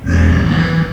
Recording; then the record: squeal of a Yucatan mini pig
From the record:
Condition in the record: after surgery on the right vocal fold (resection and tissue-engineered implant); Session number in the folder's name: 15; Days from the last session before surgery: 175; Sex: female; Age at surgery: 19 weeks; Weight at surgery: 25 kg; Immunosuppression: prednisolone